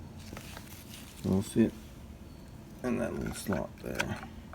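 Someone talks while handling a spring-loaded neutral drain kit piece on a washer transmission spin gear, lining up its tab to fit the slot before sliding it on and turning it to catch. Brief faint handling ticks come at about 0.4, 0.6 and 4.5 seconds. The part has not seated or clicked yet.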